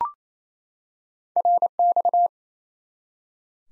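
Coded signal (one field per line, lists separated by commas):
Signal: Morse code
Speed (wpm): 28 wpm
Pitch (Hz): 700 Hz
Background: none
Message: RX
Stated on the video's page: Morse QSO-element head-copy drill at 28 wpm, each element sent in Morse, then spoken, then sent again.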